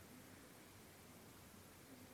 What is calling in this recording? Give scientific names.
none